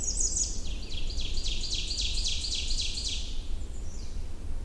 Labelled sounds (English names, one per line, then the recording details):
Ovenbird song
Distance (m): 25 m
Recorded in boreal forest in Alberta, Canada, on 21 June 2016 at 08:39
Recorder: SongMeter 3, array SBT-6-81
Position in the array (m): 63 m, 130 m
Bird 23